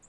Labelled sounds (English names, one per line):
Nashville Warbler flight call